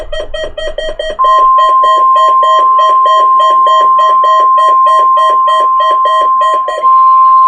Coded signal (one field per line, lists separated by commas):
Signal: Emergency Alert System (SAME) tones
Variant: 1050 Hz attention tone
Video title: Required Weekly Test WNG698 - 03/25/2020 (EAS #303)